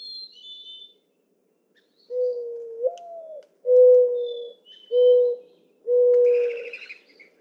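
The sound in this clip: Mourning dove song: soft low coos, an upslurred second note then three level mournful coos, faint high-pitched bird notes behind.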